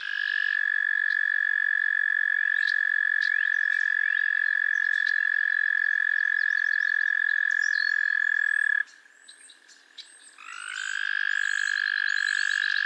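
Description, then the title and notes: Frog chorus of long trills: a steady loud trill runs for about nine seconds, stops, and after a short gap with chirps, another trill starts up. A chorus of frogs crooning to one another on a summer evening at Miners Marsh, Annapolis Valley, Nova Scotia. "Theraphonia - Frogsong at Miners Marsh. A chorus of frogs croon to one another on an idyllic summer evening in Miners Marsh, Annapolis Valley, Nova Scotia"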